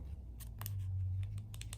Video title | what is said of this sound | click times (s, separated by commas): Apple Watch Series 4 Unboxing | So these just slide in until you hear a click. | 0.6 s, 0.7 s